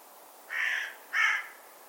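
Bird: two broad, raspy caws from a bird, the first longer and the second sharper, with quiet background.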